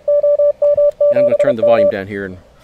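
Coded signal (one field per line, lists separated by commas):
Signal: Morse code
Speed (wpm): 33 wpm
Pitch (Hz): 580 Hz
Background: speech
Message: OM7M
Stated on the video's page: CW contest worked from a park with a battery-powered Mountain Topper MTR-5B, a SOTABEAMS dipole and a palm mini paddle, reaching distant stations.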